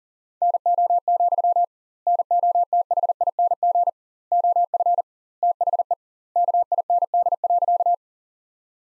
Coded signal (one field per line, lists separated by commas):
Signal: Morse code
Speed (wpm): 40 wpm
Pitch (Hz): 700 Hz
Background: none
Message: NO, NOTHING OF THE KIND.